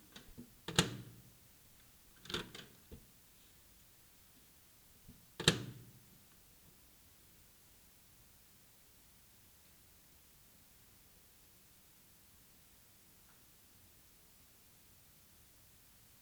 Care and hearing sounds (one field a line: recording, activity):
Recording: daily activity, guitar pickup as the sensor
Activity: use microwave